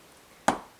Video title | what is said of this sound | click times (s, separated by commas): 744 CERRADURA DE GORJAS ATRA DR GANZUADA Y DESMONTADA, eng sub | es fácil pasarla, ha sido esa la que ha pasado, y ahí está, hace un clic, un movimiento, y como veis, el bulón ha avanzado | 0.5 s